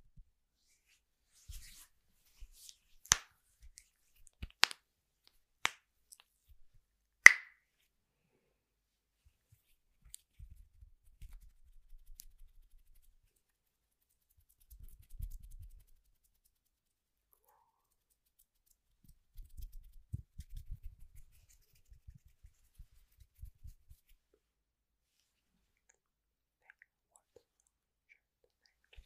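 Household objects make a series of sharp, snapping clicks in the first eight seconds, the loudest near three, four and a half, and seven seconds. After that come quieter clusters of soft, low knocks and rustles around ten, fifteen and twenty to twenty-four seconds, with silence between.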